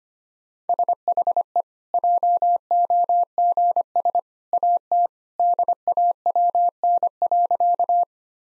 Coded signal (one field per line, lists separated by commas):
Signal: Morse code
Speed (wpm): 25 wpm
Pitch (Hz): 700 Hz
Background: none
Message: SHE JOGS AT DAWN.